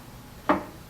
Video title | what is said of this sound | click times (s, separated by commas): JSI Cabinetry Designer Square Corner Wall Cabinet Assembly | be sure that locks into place and now | 0.5 s